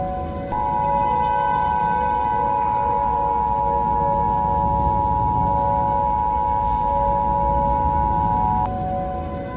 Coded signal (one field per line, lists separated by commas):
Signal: Emergency Alert System (SAME) tones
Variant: 853 and 960 Hz attention tone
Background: music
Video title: EAS Short - Tornado Incident (1 Year of EAS)